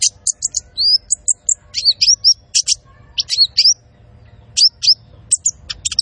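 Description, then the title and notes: Van Hasselt's sunbird: squeaky high chirps and short looping whistles, delivered in irregular bursts with small gaps. Constantly singing (gacor) bird with full fill-ins (isian) and shots (tembakan), used to train cage birds and as a lure (pancingan). "MASTERAN KOLIBRI NINJA TERBAIK FULL ISIAN DAN TEMBAKAN MEWAH COCOK BUAT PANCINGAN. Suara Burung Kolibri Ninja Gacor"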